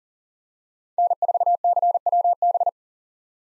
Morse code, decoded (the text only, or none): N4CWB